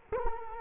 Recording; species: mosquito wingbeat signal from an infrared sensor; Culex quinquefasciatus